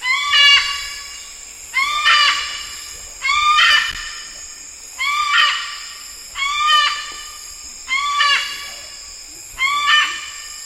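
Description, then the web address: White cockatoo screeching repeatedly: seven harsh, nasal shrieks with quieter pauses between. "sonidos Cacatua"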